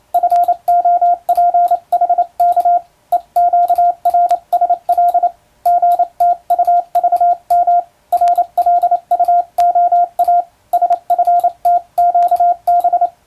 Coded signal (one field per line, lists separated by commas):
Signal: Morse code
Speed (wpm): 28 wpm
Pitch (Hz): 700 Hz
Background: radio noise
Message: FOPHK EQRSL GTUVM RLUOA SFTQB